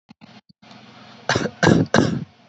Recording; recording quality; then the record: shallow voluntary cough; moderate, slight background noise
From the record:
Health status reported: healthy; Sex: male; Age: 29 years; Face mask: worn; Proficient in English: yes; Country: India